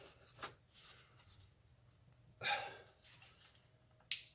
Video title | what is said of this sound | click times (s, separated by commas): VW Passat CC 2.0 TSI TURBO - Spark Plugs + Ignition Coils Replacement | Puis on va entendre le clipse normalement. | 4.1 s